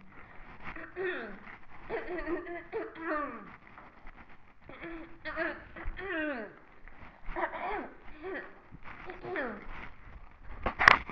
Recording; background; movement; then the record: throat clearing; quiet; walking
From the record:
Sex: female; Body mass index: 18.3 kg/m2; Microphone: on the chest, facing the body